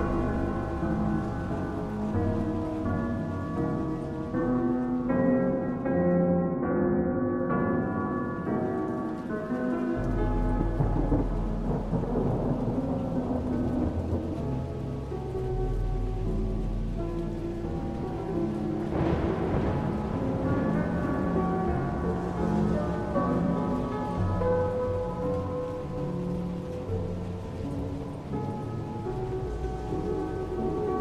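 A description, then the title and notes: Steady, dense rain hisses throughout beneath layered sustained tones, with a low rumble of thunder rolling from about ten to fifteen seconds. Rain and thunder in the background.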